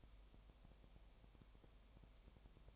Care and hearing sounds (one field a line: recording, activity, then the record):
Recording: daily activity, microphone in the room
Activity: no activity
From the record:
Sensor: 1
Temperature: 19.7 degrees Celsius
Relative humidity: 37.1%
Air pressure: 1007.2 hPa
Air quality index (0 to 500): 144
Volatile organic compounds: 5 ppm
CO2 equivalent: 1762 ppm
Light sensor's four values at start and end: 1/2/1/1 and 1/2/1/1